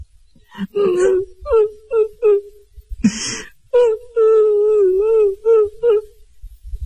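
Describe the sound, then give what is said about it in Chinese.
A storyteller's voice imitates a woman crying inside a house: broken, drawn-out moaning sobs, a sharp breathy gasp midway, then a long wavering wail trailing into short whimpering sobs. “他们两个人一直走到矮脚虎王英住室的门外，停足站立，因为他们听见屋子里边有女人的哭声。”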